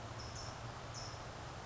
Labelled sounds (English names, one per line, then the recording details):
California Towhee
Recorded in Sonoma County, California